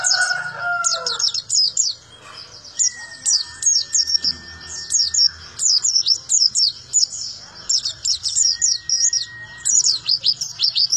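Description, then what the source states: White-eye song: high rapid twittering phrases separated by brief pauses, with lower warbling at the start and faint long whistled tones. Melodious, long song.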